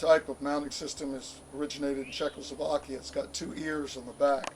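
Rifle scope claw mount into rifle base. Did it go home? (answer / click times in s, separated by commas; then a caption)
no / none. A detachable rifle scope on a double-claw mount is handled while someone talks; the mount has not yet been set into the rifle's base, and its claws are meant to latch with a sharp click that confirms the scope is back at zero. Nothing has seated or clicked yet in this clip.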